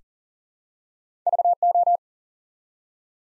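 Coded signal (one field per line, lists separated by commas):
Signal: Morse code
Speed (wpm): 40 wpm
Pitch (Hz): 700 Hz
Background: none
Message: VO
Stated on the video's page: Morse practice set at 40 wpm, building 4-letter words one letter at a time for instant character recognition.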